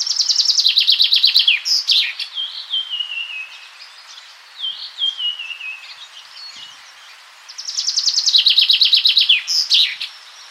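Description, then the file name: Common chaffinch song: a fast trill of descending notes ending in a flourish, heard twice, with thinner falling whistles between. "Fringilla coelebs"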